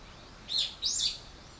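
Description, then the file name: Bird chirps: two bright, high, arched notes in quick succession, the second longer and fuller. "wild bird"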